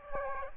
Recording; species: mosquito wingbeat signal from an infrared sensor; Aedes aegypti